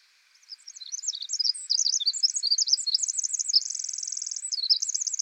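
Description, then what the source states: Pacific wren song: an extended high, bubbling string of quick notes that builds in loudness, then a fast, even trill and more quick notes. Loud, persistent singer in forest.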